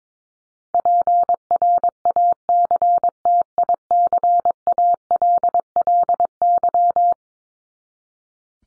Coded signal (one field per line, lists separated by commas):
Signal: Morse code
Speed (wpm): 22 wpm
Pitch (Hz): 700 Hz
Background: none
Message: PRACTICALLY